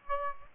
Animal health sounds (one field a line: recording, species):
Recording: mosquito wingbeat signal from an infrared sensor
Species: Aedes aegypti